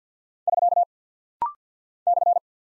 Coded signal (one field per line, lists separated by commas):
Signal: Morse code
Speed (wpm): 50 wpm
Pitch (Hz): 700 Hz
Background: none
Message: <SK> /